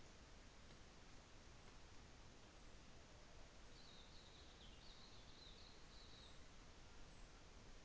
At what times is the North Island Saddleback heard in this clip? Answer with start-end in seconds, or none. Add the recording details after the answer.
none. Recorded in New Zealand on 24 December 2018. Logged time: 15:05